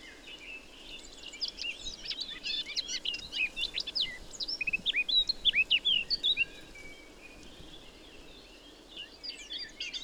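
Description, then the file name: Eurasian blackcap song: a hurried scratchy warble rising into a series of loud, clear whistled notes, then a pause before faint twittering resumes near the end. "Sylvia atricapilla"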